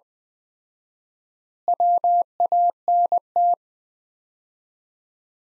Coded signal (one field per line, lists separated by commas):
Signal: Morse code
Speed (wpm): 20 wpm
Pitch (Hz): 700 Hz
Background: none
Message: WANT